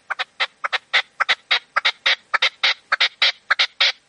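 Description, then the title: Partridge or tinamou song: loud, harsh, chattering notes in close pairs and triplets, repeated rhythmically in a quick, insistent series. "Canto de Perdiz. CANTO DE LA PERDIZ"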